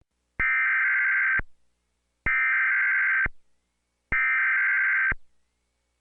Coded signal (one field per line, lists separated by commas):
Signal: Emergency Alert System (SAME) tones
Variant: header bursts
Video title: Top 10 EMERGENCY ALERT SYSTEMS INTERRUPTIONS